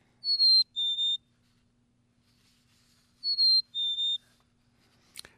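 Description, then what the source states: Black-capped Chickadee song, a pure whistled two-note phrase, higher note then slightly lower, given twice about three seconds apart, with a faint click at the end. Song, soon to be heard in the next couple of weeks; played back on radio.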